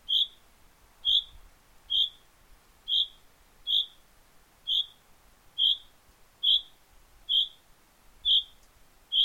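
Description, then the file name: Common chaffinch calling persistently: around eleven brief, clear, high notes evenly repeated almost once a second, with little else audible. "Fringilla coelebs"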